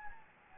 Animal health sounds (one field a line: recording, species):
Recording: mosquito wingbeat signal from an infrared sensor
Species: Anopheles gambiae